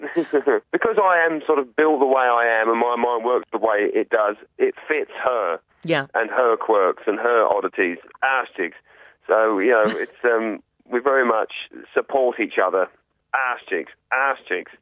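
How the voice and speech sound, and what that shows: A man, a UK father of three living with Tourette's syndrome, speaks fluently in a conversational, phone-like sound, broken by an out-of-place word, "ashtigs," blurted three times, twice back to back at the end. These sudden interjections are involuntary vocal tics of Tourette syndrome.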